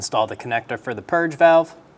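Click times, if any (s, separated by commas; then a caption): none. A wiring harness connector is handled for installation onto the purge valve of a 2003-2007 Honda Accord 3.0L V6 during a valve cover gasket set replacement. Someone talks throughout the clip. Nothing has seated or clicked yet.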